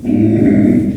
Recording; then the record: squeal of a Yucatan mini pig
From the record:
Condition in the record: after surgery on the right vocal fold (resection and tissue-engineered implant); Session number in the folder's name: 3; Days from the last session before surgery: 21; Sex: female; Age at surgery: 19 weeks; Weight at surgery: 25 kg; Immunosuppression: prednisolone